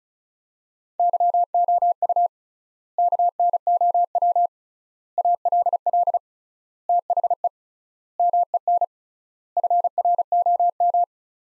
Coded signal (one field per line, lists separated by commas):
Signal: Morse code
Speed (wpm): 36 wpm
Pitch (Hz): 700 Hz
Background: none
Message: YOU KNOW ALL THE MEN FROM